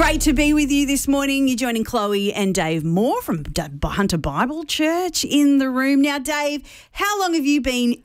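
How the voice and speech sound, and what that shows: A woman speaks in a smooth, clear, fluent radio-host style, with a mid-high voice, steady rhythm and only brief natural pauses. She is the host introducing a guest. No repetitions, blocks or voice strain are heard; this is ordinary fluent speech without a stutter.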